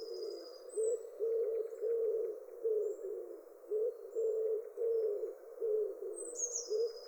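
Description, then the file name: Common wood pigeon cooing, low soft hooting phrases repeated in a steady rhythm, with a few thin high notes from other birds. "houtduif"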